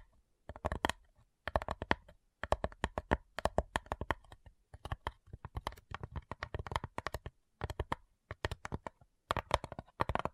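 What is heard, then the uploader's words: Quick tapping in rapid clusters, sharp clicks close together like fingers drumming on a hard surface. The bursts come in irregular runs of about a second, separated by brief silent pauses, and each tap is crisp and bright with a little low thud. ASMR Addictive Tapping. (No Talking).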